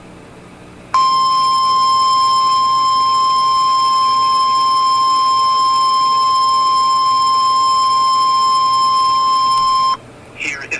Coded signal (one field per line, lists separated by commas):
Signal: Emergency Alert System (SAME) tones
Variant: 1050 Hz attention tone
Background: speech